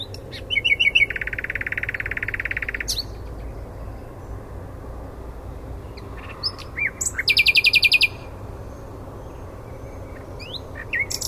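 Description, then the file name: Common nightingale song: a long, rapid buzzy trill, a quiet gap, then a short, loud, fast rattle of repeated notes and scattered chirps. "Luscinia megarhynchos"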